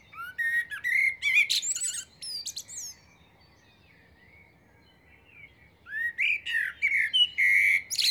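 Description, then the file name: Common blackbird song: fluty warbled notes and high squeaky flourishes for three seconds, a silent gap, then a second phrase of mellow whistles and twitters. "Turdus merula"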